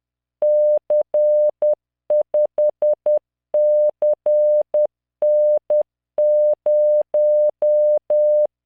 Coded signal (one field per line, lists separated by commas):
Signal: Morse code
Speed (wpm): 10 wpm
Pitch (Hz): 600 Hz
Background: none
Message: C5CN0